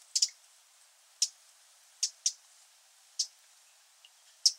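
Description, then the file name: Eurasian wren giving sharp, dry ticking calls, single or doubled, spaced irregularly about a second apart. "Troglodytes troglodytes"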